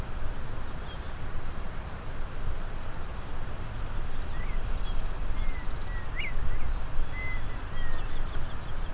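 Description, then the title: Black-masked finch repeating brief high-pitched phrases at irregular intervals, other birds calling more softly beneath, constant low background rumble throughout. Subspecies melanotis. "LuckyPassaro Completos2Sama. Black-masked Finch (Coryphaspiza melanotis melanotis)"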